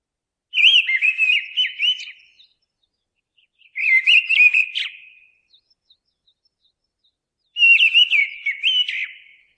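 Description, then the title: Mistle thrush singing three fluty, whistled phrases, each lasting one to two seconds with varied up-and-down notes, separated by long silent gaps. "BURUNgLainna. Mistle Thrush (Turdus viscivorus)"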